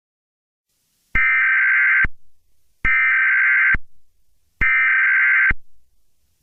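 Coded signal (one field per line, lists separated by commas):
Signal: Emergency Alert System (SAME) tones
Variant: header bursts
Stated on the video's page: Fictional EAS scenario.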